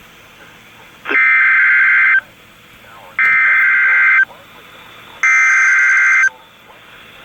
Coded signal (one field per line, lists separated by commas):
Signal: Emergency Alert System (SAME) tones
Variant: header bursts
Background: speech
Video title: EAS Tornado Warning Cass and Otoe County Nebraska NOAA Weather Radio (NWS Omaha, NE)